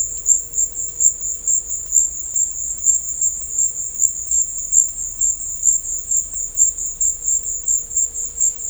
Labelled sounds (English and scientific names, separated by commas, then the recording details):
none
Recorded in dense forest near Puerto Asís, Putumayo, Colombia, on 22 December 2024 at 14:00
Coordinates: 0.500, -76.322
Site G053